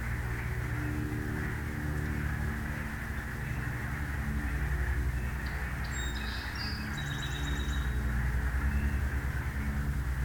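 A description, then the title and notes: A spring walk through the Beverly Swamp, with a steady low hum and rumble filling the whole clip, like a vehicle or engine droning nearby. A few brief, high chirps and trills break through around the middle, probably birds. A walk through the Beverly Swamp, listening for spring arrivals, and emerged frog species.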